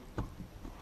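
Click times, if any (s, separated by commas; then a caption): 0.2 s. A TFE Fabrication bearing and bushing assembly from an SRT4 shifter bushing kit is lined up with the shifter and wiggled onto it. A short, sharp low thump-click at 0.2 s marks it seating, followed by faint low rustling. The assembly is confirmed seated on the shifter.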